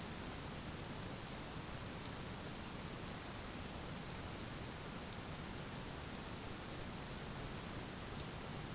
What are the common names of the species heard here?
none